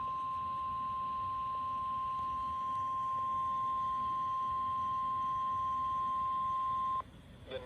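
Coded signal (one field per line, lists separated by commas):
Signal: Emergency Alert System (SAME) tones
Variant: 1050 Hz attention tone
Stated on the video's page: Pre-dawn real EAS alerts, including a 15-county polygon.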